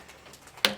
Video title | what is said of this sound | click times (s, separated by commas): Dawn's Demo Yo-Yo Tomato Pin Cushion Project How To | Yeah, all the way around. You should hear 3 or 4 little clicks. Okay, I think you got it. | 0.6 s